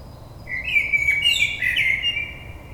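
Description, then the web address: Common blackbird delivers a flowing, fluty warble with a few quick upward flicks and faint high twittering mixed in. Recorded on 22 May 2022. "oiseaux Merle 2022 05 22"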